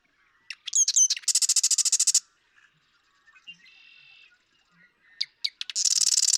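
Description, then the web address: Marsh Wren song: clicking notes leading into a fast, buzzy rattling trill, a quieter buzzy phrase in between, then another rattle starting at the end. "birdsongforthecurious Marsh Wren"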